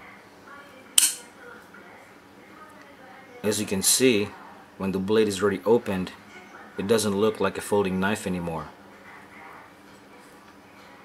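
A steel folding knife blade is flicked open and snaps into its ram lock in the handle with a sharp, loud click at 1.0 s, leaving the blade locked open. Someone then talks.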